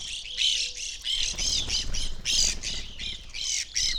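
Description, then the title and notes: Evening grosbeaks calling in a flock, a dense burst of harsh, chirpy high notes overlapping in quick clusters, with a faint low whistle near the start. Flock feeding on sunflower seeds from a feeder hanging in a birch tree, backyard in McCloud, Siskiyou County, California; relatively warm winter morning; microphones placed on either side of the tree trunk. "I recorded this at my home in the small town of McCloud in Siskiyou County, California. It was a relatively warm winter morning, and a flock of Evening Grosbeaks was busily eating a breakfast of sunflower seeds from a feeder hanging from the branch of a birch tree in my backyard."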